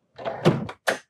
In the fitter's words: it locks back into place there